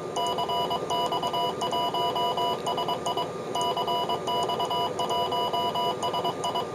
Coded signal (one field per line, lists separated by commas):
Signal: Morse code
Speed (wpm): 23 wpm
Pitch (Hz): 2950 Hz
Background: none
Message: CX1SI CX1SI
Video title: 29 Setiembre algo de radio RADIOAFICION EN URUGUAY CX1SI GEO